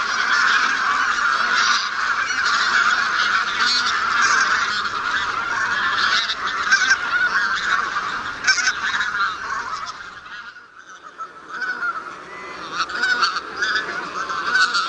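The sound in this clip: Bean goose flock calling, a dense continuous chorus of nasal honks from many birds, briefly quieter near ten seconds before building again.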